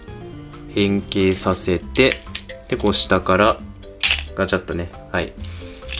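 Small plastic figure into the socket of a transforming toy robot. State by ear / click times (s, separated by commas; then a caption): not seated / none. Someone talks while a small plastic jobroid figure is handled and pushed up from below into the slot of a transforming toy vehicle-robot, with faint light ticks near 5.8 and 5.9 seconds. Nothing has seated or clicked into place yet.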